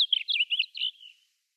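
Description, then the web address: Blue grosbeak song: a hurried warble of burry, up-and-down slurred notes that fades and trails off after about a second, followed by quiet. "Schulze Peter Blue Grosbeak song"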